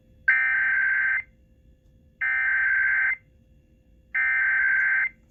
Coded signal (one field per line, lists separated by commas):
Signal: Emergency Alert System (SAME) tones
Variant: header bursts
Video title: EAS #76-79: Illinois's first RMT of the decade